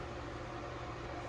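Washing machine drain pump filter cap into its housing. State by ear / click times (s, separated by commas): not seated / none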